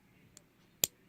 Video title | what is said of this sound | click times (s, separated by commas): Leatherman Wave Issues Part 1 | you can hear that click | 0.8 s